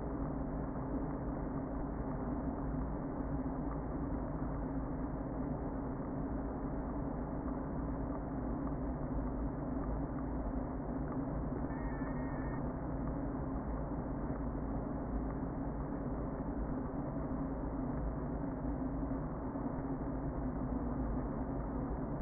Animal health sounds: honeybee colony, microphone inside the hive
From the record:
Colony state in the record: queen present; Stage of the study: before two queens were removed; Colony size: about 60,000 bees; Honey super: yes

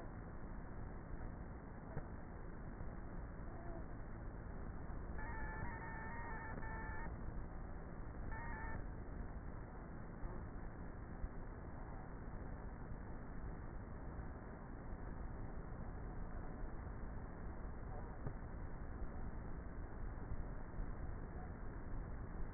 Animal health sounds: honeybee colony, microphone inside the hive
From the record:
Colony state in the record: queenless with a low population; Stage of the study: before two queens were removed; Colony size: about 30,000 bees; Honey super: no

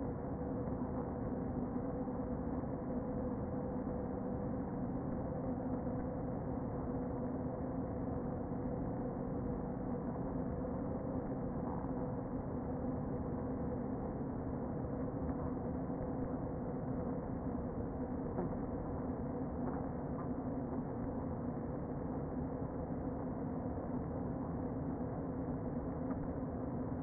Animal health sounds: honeybee colony, microphone inside the hive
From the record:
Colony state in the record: queen present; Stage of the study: before two queens were removed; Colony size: about 60,000 bees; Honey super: yes

